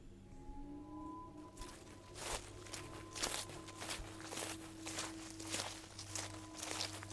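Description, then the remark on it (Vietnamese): Rustling footsteps crunch through dry leaves and undergrowth in a forest in an uneven, steady rhythm, growing louder as they come closer from behind after a quiet start, with a low steady hum underneath and no voices. “Bỗng đâu từ đằng sau có tiếng sột xà sột soạt vang lên mỗi lúc một gần.”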